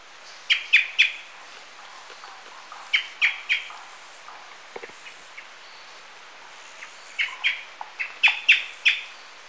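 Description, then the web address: Glossy-black thrush calls: clusters of sharp, clipped high notes in short bursts separated by pauses, with a faint, steady high hiss throughout. Recorded in Ecuador. "Birds of Ecuador. Glossy-black Thrush"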